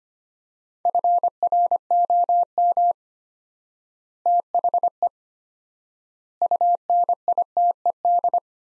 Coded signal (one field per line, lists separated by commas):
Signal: Morse code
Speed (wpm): 25 wpm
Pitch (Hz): 700 Hz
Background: none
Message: FROM THE UNITED